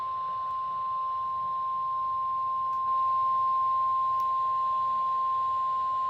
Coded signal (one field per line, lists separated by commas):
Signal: Emergency Alert System (SAME) tones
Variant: 1050 Hz attention tone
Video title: 8/28/26 Severe Thunderstorm Warning for Waller and Harris Counties (EAS #89)